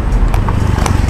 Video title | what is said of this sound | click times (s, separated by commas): TUTORIAL CARA PEMASANGAN REAR BUMPER LAMP RAIZE | jika sudah bunyi klik nanti | 0.3 s, 0.5 s, 0.9 s